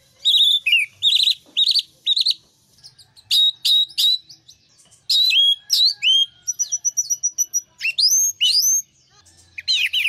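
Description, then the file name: Orange-headed thrush song: rapid, varied phrases of sharp chirps and high whistled slurs, some rising and some falling, broken by brief pauses. Indonesian name anis merah; song used as a master recording for training birds. "suara masteran anis merah"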